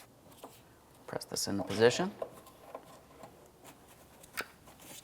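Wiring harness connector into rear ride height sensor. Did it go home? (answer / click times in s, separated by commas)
yes / 2.8 s, 4.4 s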